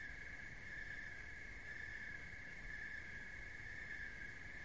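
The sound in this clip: Unbroken high cricket trill with gentle pulsing swells, accompanied by a low continuous rumble.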